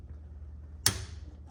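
A torque wrench tightens a clutch bolt during a clutch replacement on a Vista Blue GT500KR, with a low steady hum underneath. At 0.9 s the wrench gives a single sharp click, confirming the bolt has reached its torque setting and is approved as good.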